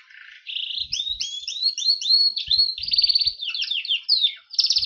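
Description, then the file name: Berner canary delivering a continuous varied song of rising whistles, quick slurred notes and buzzy rolls, with light knocking sounds in the background. "kenari berner omkicau"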